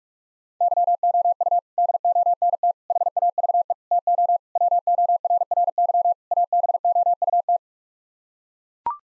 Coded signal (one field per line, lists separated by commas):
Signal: Morse code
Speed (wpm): 41 wpm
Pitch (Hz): 700 Hz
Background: none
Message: YOU DONT HAVE TO WORRY ABOUT